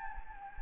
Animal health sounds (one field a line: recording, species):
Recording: mosquito wingbeat signal from an infrared sensor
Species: Anopheles gambiae